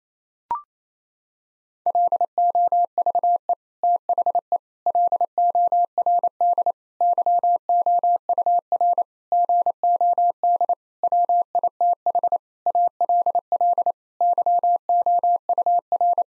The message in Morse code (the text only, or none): LOVE THE LORD YOUR GOD WITH ALL YOUR